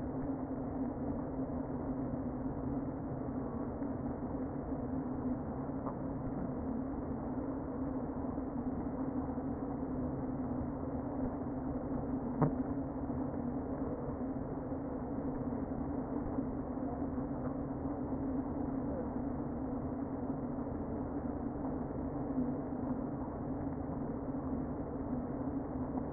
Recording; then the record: honeybee colony, microphone inside the hive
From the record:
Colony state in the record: queen present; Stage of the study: before two queens were removed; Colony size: about 60,000 bees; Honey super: yes